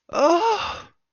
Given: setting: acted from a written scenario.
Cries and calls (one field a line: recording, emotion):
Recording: vocal sound without words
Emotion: fear